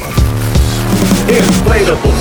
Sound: crinkling a Street Spirit newspaper from our trash